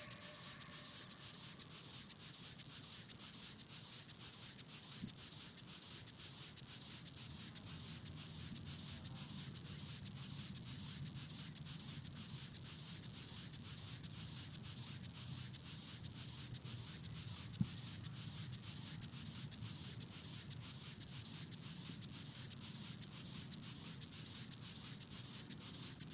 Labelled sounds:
Upland Field Grasshopper stridulation
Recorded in the wild
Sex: male
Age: imago
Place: Hobrechtsfelder Rieselfelder, Barnim, Brandenburg, DE
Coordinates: 52.6692, 13.48
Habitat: meadow
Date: 2012-09-02 17:23
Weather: 20°C, cloudy, almost windless
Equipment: Sound Devices 702, Sennheiser MKH 415 T, Rhode Windschutz
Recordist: Frommolt, Karl-Heinz

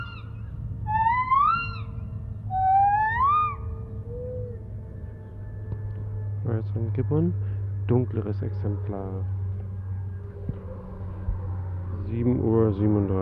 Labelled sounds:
Lar Gibbon
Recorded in captivity
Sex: group
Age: adult
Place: Tierpark Berlin, Berlin, DE
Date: 1971-07-31
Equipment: Uher 4200 Report Stereo, Sennheiser MD 421, Tesla-Verstärker
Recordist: Tembrock, Günter

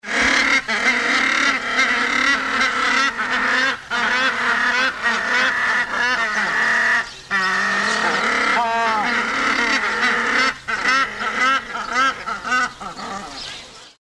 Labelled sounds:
Southern Rockhopper Penguin
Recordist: Tembrock, Günter
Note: Rufreihen einer Gruppe

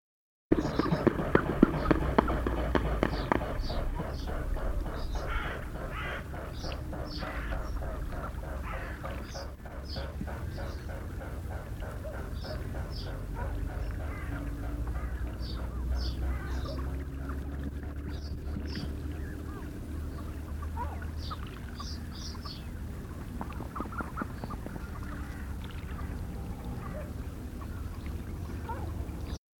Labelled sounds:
Mute Swan call
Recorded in the wild
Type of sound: call
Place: Gingst, Insel Rügen, Mecklenburg-Vorpommern, DE
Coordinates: 54.534, 13.303
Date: 1977-04-09
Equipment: Nagra III BH, Sennheiser MD 21, parabola
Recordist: Schubert, Michael
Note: Abflug Höckerschwäne

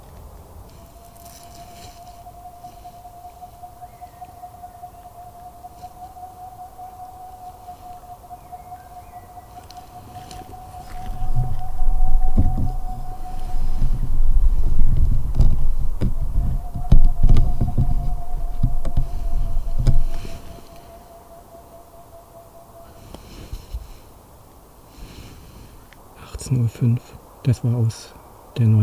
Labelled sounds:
Boreal Owl
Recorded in the wild
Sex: male
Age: adult
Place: Altsorgefeld, NSG Rochauer Heide, Brandenburg, DE
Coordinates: 51.7833, 13.5397
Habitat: wood
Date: 2007-03-04 18:04
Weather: heiter, 3-4 °C, windstill
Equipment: Sound Devices 702, Sennheiser MKH 70, Windkorb
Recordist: Frommolt, Karl-Heinz

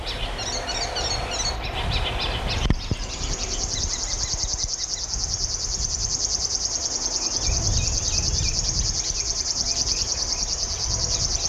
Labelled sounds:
River Warbler song
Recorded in the wild
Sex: male
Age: adult
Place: Karower Fischteiche, Berlin, DE
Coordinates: 52.6383, 13.465
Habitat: pond
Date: 1980-06-01 10:15
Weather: sunny, 13-15 °C, gusty winds
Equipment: Uher CR 210, Sennheiser MD 421 HL, Verstärker, Kopie Uher 4200
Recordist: Tembrock, Günter

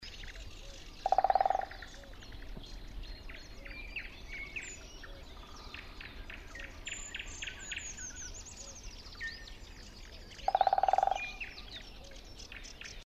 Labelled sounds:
Great Spotted Woodpecker drumming
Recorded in the wild
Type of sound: drumming
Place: Teerofenbrücke, Nationalpark Unteres Odertal, Brandenburg, DE
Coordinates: 53.1331, 14.3522
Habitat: open country
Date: 2013-05-04
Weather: sunny, windless, 10°C
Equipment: Sound Devices 702, Sennheiser MKH 70, Rycote Windschutz
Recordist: Frommolt, Karl-Heinz
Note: Trommeln eines Buntspechtes

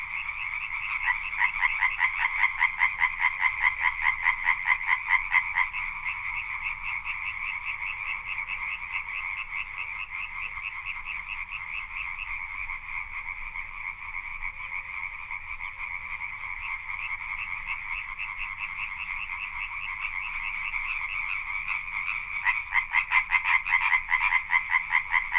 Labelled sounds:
Common Tree Frog call
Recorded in the wild
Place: Kützerhof, Kummerower See, Mecklenburg-Vorpommern, DE
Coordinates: 53.8583, 12.85
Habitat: wetland
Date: 2009-04-14 23:30
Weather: wolkenlos, windstill, ca. 10°C
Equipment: Sound Devices 702, Sennheiser MKH 70, Rycote Windschutz
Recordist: Frommolt, Karl-Heinz
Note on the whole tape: Chorrufen. Einzelne Tiere deutlich

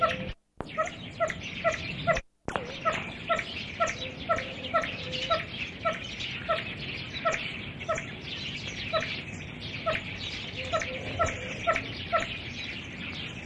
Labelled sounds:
Swinhoe's Pheasant call
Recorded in captivity
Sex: male
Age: adult
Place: Zoo Leipzig, Sachsen, DE
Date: 1965-03-26 16:00
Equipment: R 21
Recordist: TSA

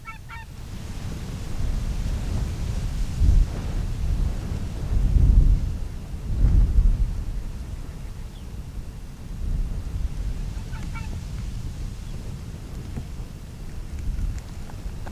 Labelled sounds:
Arctic Fox
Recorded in the wild
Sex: male
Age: adult
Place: Insel Mednyi, Kommandeur-Inseln, RU
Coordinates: 54.5167, 168.083
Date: 1999-07-11 17:30
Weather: 10°C, Westwind
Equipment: Sony WM-D6C, Sennheiser ME 80, K 30 AV, Windkorb, Kopie Sony TCD-D8
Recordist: Jakupi, Antje
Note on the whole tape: Südosten der Insel, Höhle am "Mt. Blanc": Bellstrophen des unmarkierten Rüden. Tier kam aus Gerölltal, kommt zur Höhle und läuft weiter zum Robbenkamm

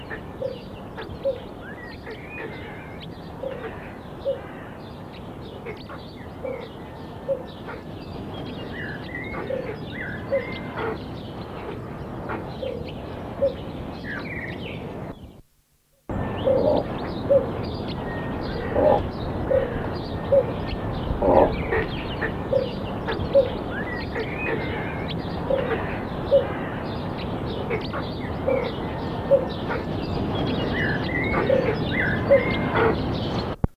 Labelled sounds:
Common Raven call
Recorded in captivity
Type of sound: call
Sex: diverse
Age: diverse
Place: Zoo Hannover, Niedersachsen, DE
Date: 1983-04-05
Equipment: Halbspur, 9,5 cm/s
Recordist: Lütgens, Hans
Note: Alte und Junge, am 23.3. geschlüpft

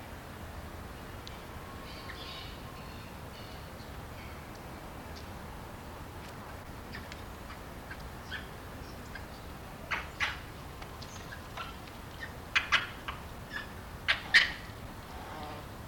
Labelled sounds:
Barbary Macaque
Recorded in captivity
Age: adult
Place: Tiergarten Nürnberg, Bayern, DE
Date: 1993-09-14 17:11
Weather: 12 °C, bedeckt
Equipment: Marantz CP 430, Sennheiser MKH 416 T, Kopie Uher Variocord 263
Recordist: Tembrock, Günter
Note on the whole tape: Agonistisch

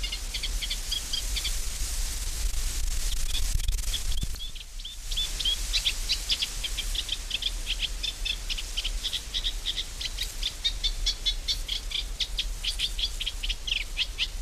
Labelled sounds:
Eurasian Reed Warbler song
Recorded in the wild
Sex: male
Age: adult
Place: Mühlenbecker Land, Naturpark Barnim, Brandenburg, DE
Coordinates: 52.6903, 13.3958
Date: 1991-07-28 11:42
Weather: sunny, 21 - 24°C, wind speed 3-4
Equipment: Marantz, Sennheiser ME 80, Kopie Tesla B 116
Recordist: Tembrock, Günter

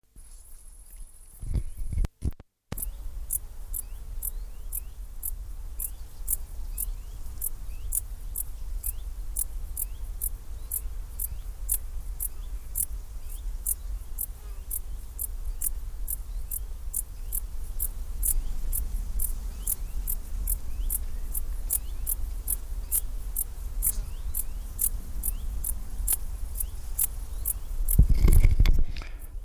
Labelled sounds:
Dark Bush-cricket stridulation
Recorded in the wild
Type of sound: stridulation
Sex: male
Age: imago
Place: Schildow, Kalktuffgelände am Tegeler Fließ (NSG Schildow), Berlin, DE
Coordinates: 52.64, 13.39
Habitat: Fließtal
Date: 1997-08-03 16:45
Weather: 24°C, bedeckt
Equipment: Sony MD-WM MZ-R3, Sennheiser ME 80, K 30 AV, Kopie Uher 4000 Report Monitor
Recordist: Tembrock, Günter
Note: P.g.(?): Stridulation. Fließtal bei Schildow

